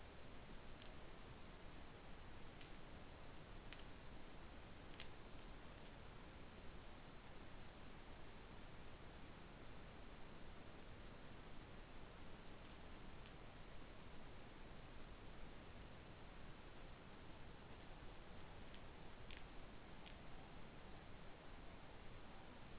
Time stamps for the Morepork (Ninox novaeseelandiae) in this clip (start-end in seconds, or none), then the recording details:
14.18-14.92, 18.21-19.12, 19.90-22.54. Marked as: faintness 5/5. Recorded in New Zealand. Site Taranaki